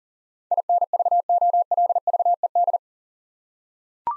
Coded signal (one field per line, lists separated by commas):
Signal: Morse code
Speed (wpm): 40 wpm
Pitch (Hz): 700 Hz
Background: none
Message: INVOLVED